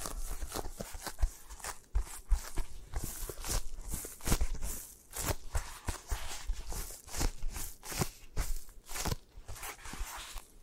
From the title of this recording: 3D Eye Massage, Tapping, Scratching